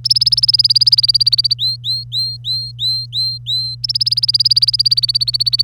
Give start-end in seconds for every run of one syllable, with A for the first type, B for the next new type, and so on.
0.04-1.53 A, 1.59-3.75 B, 3.83-5.62 A